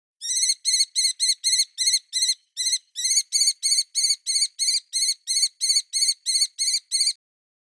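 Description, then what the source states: Kestrel chirping in one unbroken series of high, harsh kee notes repeated roughly three times a second. Long chirp.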